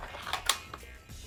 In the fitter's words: Clicks into place. Fine.